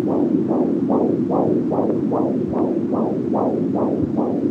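Fetal heartbeats heard by Doppler ultrasound from the region of the umbilical cord at 38 weeks of pregnancy: a steady, rapid, regular whooshing pulse at about 145 beats per minute.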